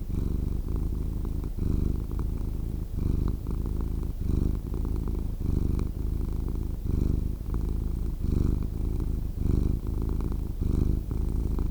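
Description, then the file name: Cat purr, a throaty vibrating hum that swells and fades with regular breaths, about one cycle every second or so. "Cat Purring Sound"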